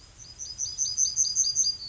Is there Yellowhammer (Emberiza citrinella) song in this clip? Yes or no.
yes